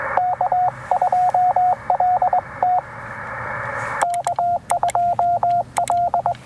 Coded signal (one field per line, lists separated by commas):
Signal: Morse code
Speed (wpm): 20 wpm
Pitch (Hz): 690 Hz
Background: radio noise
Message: K2LT K2L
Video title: Two Watts, Big Fun! POTA with the AX2 & KE8PTX’s 3D-Printed Mini Clamp